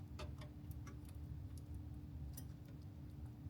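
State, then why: Not seated. A 16-pin power cable plug is handled at the power socket of a 4080 Super graphics card, with a few faint, light ticks and taps over a steady low hum. Nothing has seated or clicked yet.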